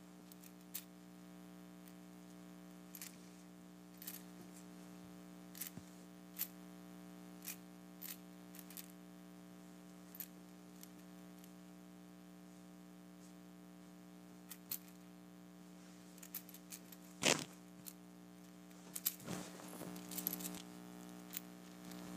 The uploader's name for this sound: Shaking a Glass of Clam Shells